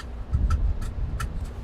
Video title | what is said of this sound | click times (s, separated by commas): Driver Visual Inspection Report | You want to engage it, make sure it locks in place. | 0.5 s